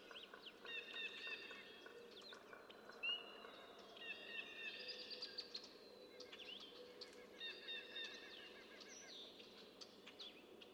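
Red-winged blackbird song: buzzy, rattling trills repeated several times, with a sharp note among them, over constant background hiss.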